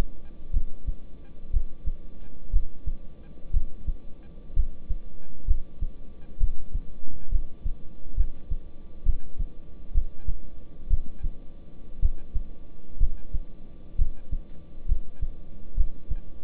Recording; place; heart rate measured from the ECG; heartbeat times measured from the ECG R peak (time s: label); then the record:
heart sounds by stethoscope; between the tricuspid and mitral areas; 63 bpm
0.54 s: heartbeat
1.53 s: heartbeat
2.53 s: heartbeat
3.53 s: heartbeat
4.56 s: heartbeat
5.48 s: heartbeat
6.40 s: heartbeat
7.32 s: heartbeat
8.17 s: heartbeat
9.06 s: heartbeat
9.95 s: heartbeat
10.90 s: heartbeat
12.02 s: heartbeat
13.00 s: heartbeat
13.98 s: heartbeat
14.89 s: heartbeat
15.77 s: heartbeat
From the record:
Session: rest, lying down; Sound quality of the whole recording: good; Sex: male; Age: 26 years